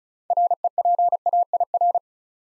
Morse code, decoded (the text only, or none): REPAIR